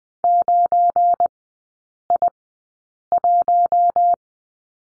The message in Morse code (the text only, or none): 9I1